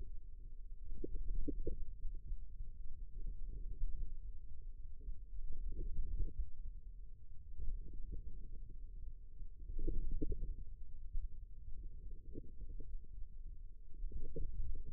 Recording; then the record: forearm muscle sounds (acoustic myography)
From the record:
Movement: ulnar deviation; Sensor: system 2, bracelet of six BSWA MPA416 microphones around the upper forearm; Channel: 3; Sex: male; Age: 22 years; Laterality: right